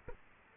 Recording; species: mosquito wingbeat signal from an infrared sensor; Aedes aegypti